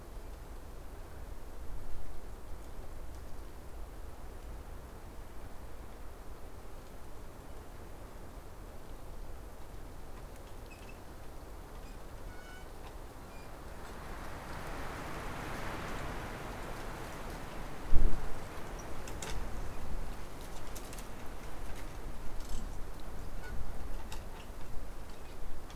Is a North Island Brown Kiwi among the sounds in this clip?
no